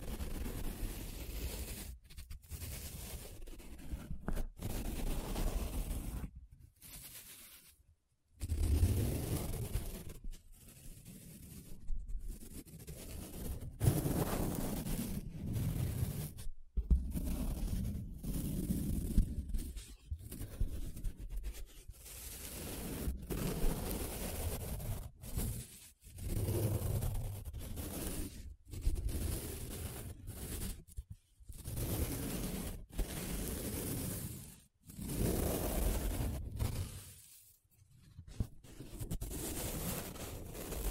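Paper being traced, scratched and rubbed in short, uneven strokes, each a rough, dry rasp lasting a second or two. Brief silent pauses break up the strokes throughout, and the scraping stays fairly dense, with a low rumbling body beneath the brighter scratch.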